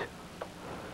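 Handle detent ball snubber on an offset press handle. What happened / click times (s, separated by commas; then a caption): The handle detent clicked into position / 0.4 s. A press handle on a Multi 1250 offset press is moved until the spring-loaded ball snubber under its 7/16 nut clicks the handle into its detent. A single short, solid click is heard at 0.4 s over a low background hum. The handle seats firmly in the detent so it won't bounce back when it comes around and hits the lead edge.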